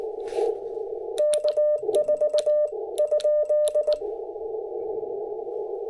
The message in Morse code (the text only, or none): K4 ?